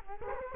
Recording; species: mosquito wingbeat signal from an infrared sensor; Culex quinquefasciatus